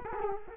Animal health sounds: mosquito wingbeat signal from an infrared sensor; Culex quinquefasciatus

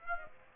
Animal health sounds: mosquito wingbeat signal from an infrared sensor; Aedes aegypti

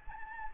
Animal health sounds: mosquito wingbeat signal from an infrared sensor; Anopheles gambiae

